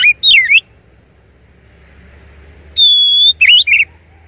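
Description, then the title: Oriental magpie-robin song: brief warbling notes, a gap of near silence, then a long level whistle and a quick run of twisting notes. Champion (juara) song, used to train other songbirds (masteran). "Masteran Kacer Juara"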